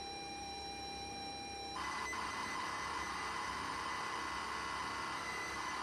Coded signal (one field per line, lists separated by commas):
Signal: ZX Spectrum tape loading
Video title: The woes of loading from tape.